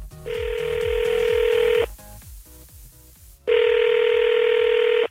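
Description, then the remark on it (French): A phone call from Paris to a number in Los Angeles ringing out: two long, steady buzzing rings separated by a pause of about a second and a half, over a faint low rhythmic thumping. “Sois bonne, sois sexy, on y va, on appelle, je le sens bien.”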